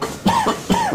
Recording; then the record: coughing mixed with background sound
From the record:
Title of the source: Spring Allergy Coughing